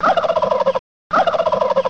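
Turkey gobbling in two rapid, rattling bursts, each under a second long with a short silent pause between them.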